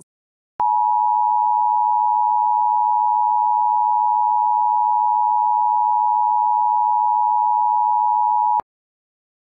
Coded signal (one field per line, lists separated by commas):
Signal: Emergency Alert System (SAME) tones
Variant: 853 and 960 Hz attention tone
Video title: THE TROLLGE [EAS SCENARIO]